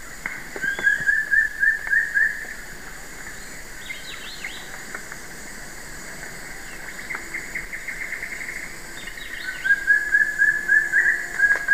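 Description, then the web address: Wing-barred piprites singing two bursts of quick, level whistled notes, separated by a pause; other birds give brief higher chirps in between. Recorded in the eastern lowlands of South America. "S America Eastern Lowlands Piprites chloris, song"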